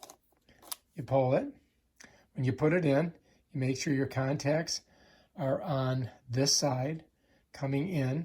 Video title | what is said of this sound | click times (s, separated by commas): How to change the battery on a Canon EOS 80D SLR camera | you pop it. It pops out so you can grab it. | 0.7 s